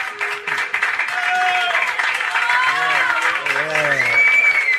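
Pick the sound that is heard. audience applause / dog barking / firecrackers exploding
audience applause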